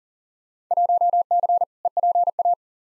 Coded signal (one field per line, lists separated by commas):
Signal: Morse code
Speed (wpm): 40 wpm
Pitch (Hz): 700 Hz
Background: none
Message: 1C EPA